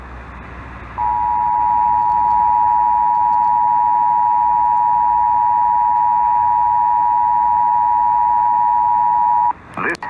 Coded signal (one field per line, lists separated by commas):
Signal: Emergency Alert System (SAME) tones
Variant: 853 and 960 Hz attention tone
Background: speech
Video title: Utah's RMT (EAS #2309-2310)